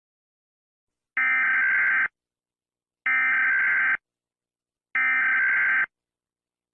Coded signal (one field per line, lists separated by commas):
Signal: Emergency Alert System (SAME) tones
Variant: header bursts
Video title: St. Patricks Day Special) EAS Short Scenario 18 - Unlucky Serial